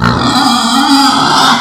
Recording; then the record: squeal of a Yucatan mini pig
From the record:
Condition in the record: after surgery on the right vocal fold (resection and tissue-engineered implant); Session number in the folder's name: 16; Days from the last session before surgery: 183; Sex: female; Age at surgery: 19 weeks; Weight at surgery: 25 kg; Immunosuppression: prednisolone